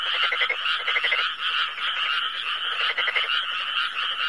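Frogs croaking in a thick chorus, rapid clicking pulse bursts near the start and again later over a continuous buzzing hum of callers.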